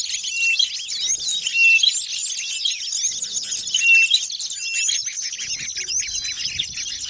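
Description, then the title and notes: Bird chirps and tweets pour out in a busy, overlapping mass of sharp high notes and short trills, with a few louder swells. Noisy birds, used as a master lure for catching birds. "Master Burung Ribut. Burung Ribut Pikat"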